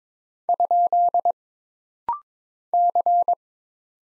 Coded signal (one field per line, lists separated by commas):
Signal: Morse code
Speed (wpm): 22 wpm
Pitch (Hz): 700 Hz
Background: none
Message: ? C